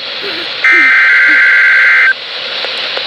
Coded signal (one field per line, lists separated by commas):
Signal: Emergency Alert System (SAME) tones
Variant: header bursts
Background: speech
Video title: MAINE MERRIMENT II... Severe Weather EAS Alerts from July 13-20th, 2024 (EAS #1,167-1,244)